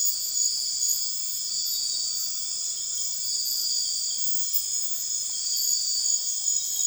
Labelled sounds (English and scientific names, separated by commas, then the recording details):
none
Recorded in dense forest near Puerto Asís, Putumayo, Colombia, on 19 February 2024 at 00:30
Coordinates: 0.502, -76.326
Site G6460